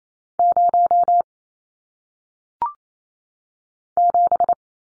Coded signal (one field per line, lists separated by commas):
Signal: Morse code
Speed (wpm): 28 wpm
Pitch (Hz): 700 Hz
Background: none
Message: 0 7